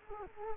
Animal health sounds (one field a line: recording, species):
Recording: mosquito wingbeat signal from an infrared sensor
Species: Culex quinquefasciatus